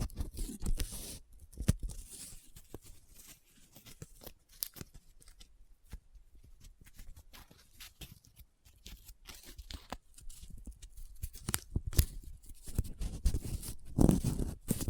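Paper is handled close up, with dense crinkling, rubbing and scratching made of many quick, sharp crackles. The sound is busiest in the first two seconds and again from about ten seconds on, with a quieter, sparser stretch of light rustling between.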